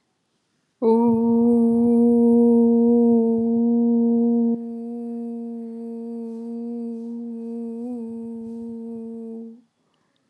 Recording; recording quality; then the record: sustained vowel as in boot; excellent, no background noise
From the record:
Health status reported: COVID-19 positive, mild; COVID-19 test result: positive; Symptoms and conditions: cold, fever, fatigue, hypertension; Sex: female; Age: 54 years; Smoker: no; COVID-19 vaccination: both doses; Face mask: not worn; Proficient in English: yes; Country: India